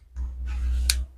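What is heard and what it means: A Speakon plug on a speaker cable is inserted, pushed and twisted into a panel socket, with a low rumbling scrape of handling from about 0.2 s to 1.0 s. A sharp click at 0.9 s marks the connector locking, and the plug is seated.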